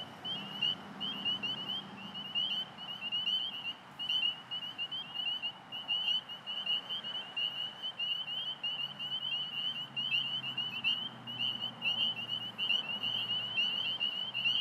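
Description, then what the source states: Spring peepers calling in a dense high-pitched chorus throughout, with a noticeable low drone of traffic passing underneath. Belle View, Alexandria, Virginia, 27 March 2017, 8:06 pm; calling despite recently mowed cattail and grass habitat; traffic from Fort Hunt Rd in background; recorded on iPhone 6+ with Rode Recording app.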